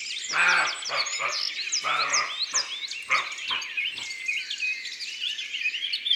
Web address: Chevreuil abc-de-la-nature